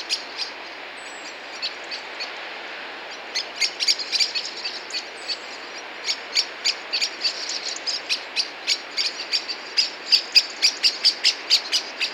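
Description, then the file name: Common blackbird chip calls: a few scattered ticks at first, then a quickening, dense series of sharp clicks through the second half. "Turdus merula"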